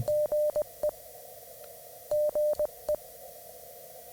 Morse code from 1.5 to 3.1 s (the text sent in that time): GE